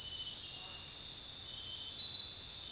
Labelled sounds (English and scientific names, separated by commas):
none